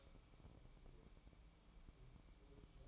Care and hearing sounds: daily activity, microphone in the room; light on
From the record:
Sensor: 1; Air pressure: 1008.0 hPa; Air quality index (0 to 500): 120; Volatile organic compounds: 2 ppm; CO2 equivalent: 1011 ppm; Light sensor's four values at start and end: 10/23/9/10 and 19/58/23/24

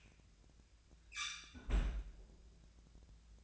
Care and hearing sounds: daily activity, microphone in the room; close fridge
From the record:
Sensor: 2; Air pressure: 1009.6 hPa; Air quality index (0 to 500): 181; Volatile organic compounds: 10 ppm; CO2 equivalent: 2257 ppm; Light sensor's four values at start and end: 27/65/28/31 and 27/65/28/31

